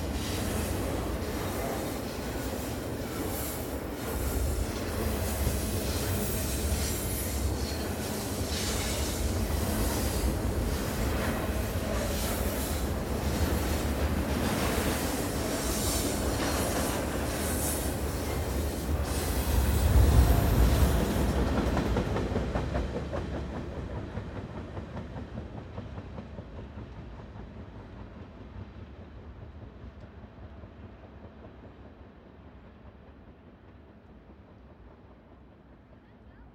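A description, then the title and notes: A long tanker train rumbles past with heavy low clatter, peaking near twenty seconds, then fades steadily as it rounds away. A medium-length tanker train recorded at Carkeek Park, Seattle. I really love the squealing brakes on this train as rounds the bend I'm standing in. Recorded in tight MS. Mid: MKH8060 side: MKH30 recorder: SD702.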